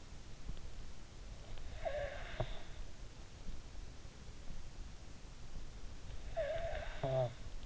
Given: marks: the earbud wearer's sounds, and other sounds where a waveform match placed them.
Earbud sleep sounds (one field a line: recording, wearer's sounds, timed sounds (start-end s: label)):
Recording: sounds in sleep by an in-ear microphone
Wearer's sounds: snoring breath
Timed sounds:
1.50-2.94 s: snoring breath
6.20-7.66 s: snoring breath